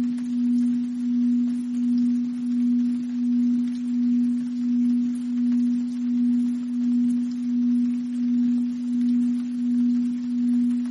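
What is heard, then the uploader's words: A binaural beat: one steady low-pitched hum that pulses smoothly in volume, swelling and fading about every two-thirds of a second without pause. Behind it, a faint, even hiss like soft rain fills the background throughout. Crown Chakra Healing Meditation (Intense) With Relaxing Rain Sounds - Binaural Beat.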